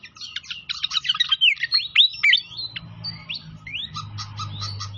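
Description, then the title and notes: Pied fantail song: jumbled fast chirps and swooping whistles, then sparser upslurred notes, with a steady low hum. Masteran (training song for cage birds) of clear-voiced song, mixed with the sound of trickling water. "Masteran Sikatan Kipas Suara Jernih Dan Suara Gemericik Air. Suara Burung Sikatan Londo"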